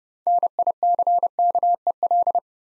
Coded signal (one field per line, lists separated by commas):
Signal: Morse code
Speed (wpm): 30 wpm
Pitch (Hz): 700 Hz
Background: none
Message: NICKEL